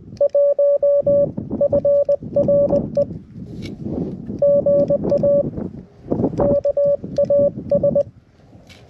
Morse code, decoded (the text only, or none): 1 FR E GA KAS